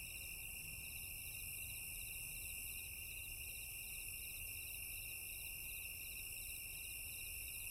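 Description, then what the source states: Cricket chorus of continuous shrill trills at several pitches, some pulsing rapidly, all running without pause, with a faint low rumble beneath. Crickets recorded at night.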